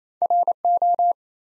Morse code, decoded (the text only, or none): RO